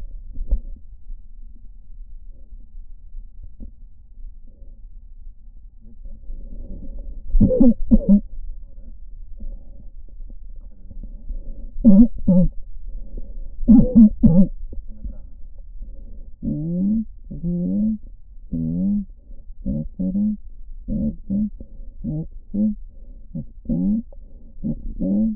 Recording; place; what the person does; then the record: lung sounds by stethoscope; right posterior apical chest; quiet breathing, then cough and speech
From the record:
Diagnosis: COPD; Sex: female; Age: 68 years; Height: 150 cm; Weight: 70 kg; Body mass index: 31.1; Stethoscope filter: diaphragm mode